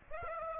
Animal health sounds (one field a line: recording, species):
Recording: mosquito wingbeat signal from an infrared sensor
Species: Aedes aegypti